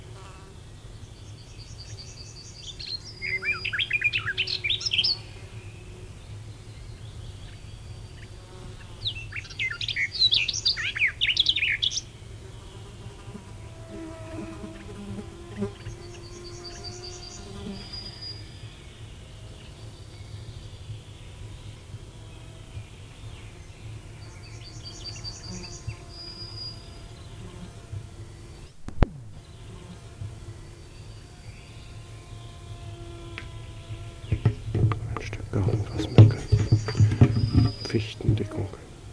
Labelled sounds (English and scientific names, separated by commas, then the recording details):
Garden Warbler (Sylvia borin) song
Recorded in the wild
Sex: male
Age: adult
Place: Feldberg - Koldenhof, Mecklenburgische Seenplatte, Mecklenburg, DE
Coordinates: 53.3294, 13.3136
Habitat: mixed forest, spruce thicket
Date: 1976-06-26 19:13
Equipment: Uher CR 210, Sennheiser MD 421 HL, Verstärker, Reflektor, Kopie Uher 4200
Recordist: Tembrock, Günter